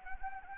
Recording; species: mosquito wingbeat signal from an infrared sensor; Anopheles gambiae